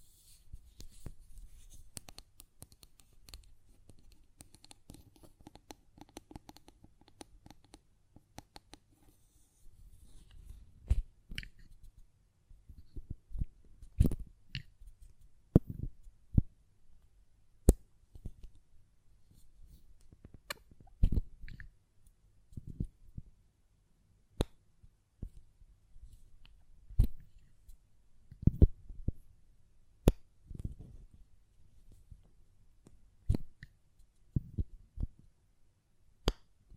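A glass perfume bottle is tapped and its lid handled, making sharp, bright clicks and knocks. The first ten seconds hold a dense patter of small ticks and light scraping; after that come sparser, louder taps every second or two, some with a short ringing tone.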